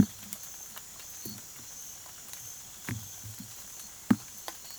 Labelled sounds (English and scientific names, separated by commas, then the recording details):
none
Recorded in pastures near Puerto Asís, Putumayo, Colombia, on 25 June 2025 at 00:00
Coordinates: 0.487, -76.322
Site H26